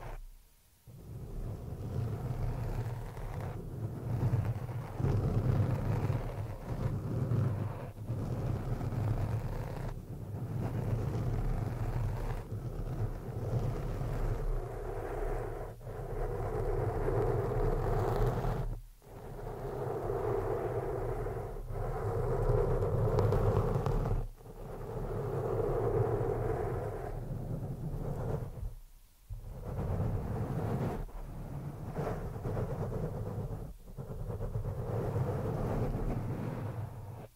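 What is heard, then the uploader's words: Scratching rubs on the microphone in a dense, rough low rumble with brighter scraping, broken by brief silent gaps near 1, 19, 29 seconds. ASMR PURE SCRATCHING ON THE MICROPHONE NO TALKING.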